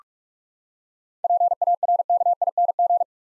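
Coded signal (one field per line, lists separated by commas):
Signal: Morse code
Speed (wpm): 42 wpm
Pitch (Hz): 700 Hz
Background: none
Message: PARKING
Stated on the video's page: Seven-letter words sent at 45 wpm for head-copy practice, each word sent twice.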